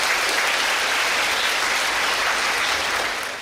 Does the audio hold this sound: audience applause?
yes